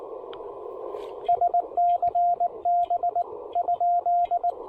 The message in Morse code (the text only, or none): SCB ?